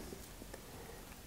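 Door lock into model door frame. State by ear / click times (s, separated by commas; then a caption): seated / 0.5 s. A small plastic door lock with a locating key is pressed into the door frame of a 1/8-scale Citroën 2CV AZLP Hachette model. Over a quiet, steady background, a single short, sharp click sounds at 0.5 s as the lock clips in and seats.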